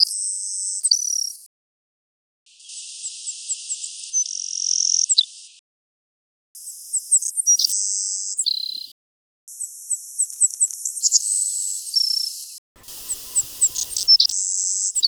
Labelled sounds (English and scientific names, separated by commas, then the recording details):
Savannah Sparrow (Passerculus sandwichensis) song
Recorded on Kent Island, New Brunswick, in 1996